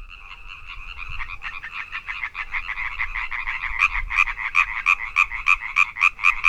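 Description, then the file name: European tree frog calls: quick, harsh knocking notes, at first blurred and overlapping, then sharp notes growing louder and clearer. "Hyla arborea"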